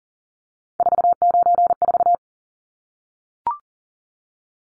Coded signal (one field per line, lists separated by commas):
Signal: Morse code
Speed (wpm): 40 wpm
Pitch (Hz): 700 Hz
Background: none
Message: 494